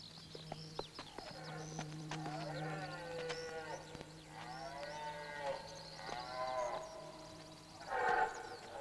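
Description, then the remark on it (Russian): A male goat bleats over and over in wavering, nasal calls that run together as it runs out and pushes someone, with a steady low hum underneath and a louder, rougher bleat near the end. “Козел выбегает и толкает одного из пиратов.”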